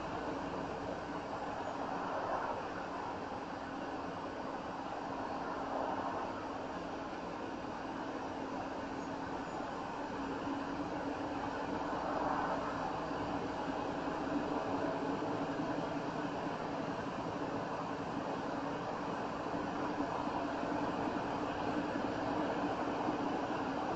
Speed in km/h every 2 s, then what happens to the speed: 56, 56, 55, 55, 55, 55, 58, 60, 61, 61, 63, 66.
0-9 steady at about 55. 9-24 speeds up to 66.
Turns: none.